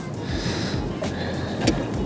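A second battery pack is handled into the housing of a Mercury Avator electric outboard motor during a battery swap, over steady broadband background noise with a brief sharp knock near 1.7 seconds. Nothing has seated or clicked into place yet; the battery is still being handled and is not yet home.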